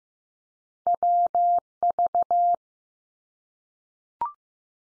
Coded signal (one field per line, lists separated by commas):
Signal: Morse code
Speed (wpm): 15 wpm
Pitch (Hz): 700 Hz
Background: none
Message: WV